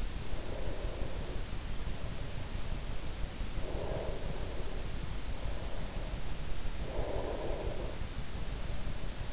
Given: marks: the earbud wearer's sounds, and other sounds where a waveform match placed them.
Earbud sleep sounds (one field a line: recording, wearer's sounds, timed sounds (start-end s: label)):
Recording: sounds in sleep by an in-ear microphone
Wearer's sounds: breath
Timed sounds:
0.00-2.51 s: breath
3.25-6.41 s: breath
6.45-8.97 s: breath